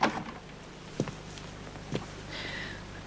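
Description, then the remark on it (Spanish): A door opens: a few sharp latch and handle clicks about a second apart, followed by a soft, high creak as it swings, all fairly quiet with no one speaking. “¿Le importa que abra la puerta?”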